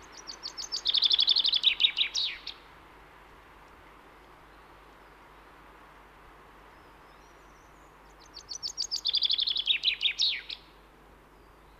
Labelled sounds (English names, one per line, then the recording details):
Common Chaffinch
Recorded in the wild
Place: Kaiserslautern, Rheinland-Pfalz, DE
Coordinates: 49.4358, 7.8376
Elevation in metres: 292
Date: 1977-03-15
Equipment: Nagra IV, Sennheiser MKH 405, Parabolreflektor
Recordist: Tretzel, Erwin